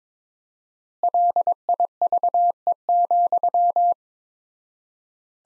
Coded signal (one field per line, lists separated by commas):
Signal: Morse code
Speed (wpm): 21 wpm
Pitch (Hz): 700 Hz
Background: none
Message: LIVE,